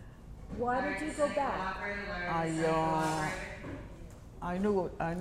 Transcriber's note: an announcement over a public address system is heard in the background on the tape